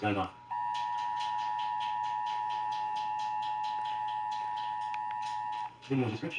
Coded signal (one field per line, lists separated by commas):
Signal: Emergency Alert System (SAME) tones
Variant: 853 and 960 Hz attention tone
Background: speech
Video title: A MARINGAL RISK OF SEVERE STORMS OF TEXAS EAS Alerts from 1/7/23 (EAS#68 & #80)